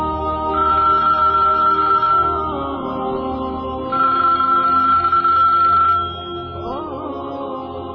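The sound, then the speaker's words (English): A telephone ringback tone purrs twice, each steady high-pitched burst lasting about two seconds with a pause between, over a low background hum, with no one speaking. “You lie down, and I'll bring you the phone to call”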